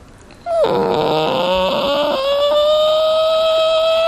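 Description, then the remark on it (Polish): A person imitates a creaking door with a sustained, strained vocal whine lasting about three and a half seconds. It wobbles and stutters at first, then settles into a steady tone that slowly rises in pitch. “Skrzypiące drzwi?”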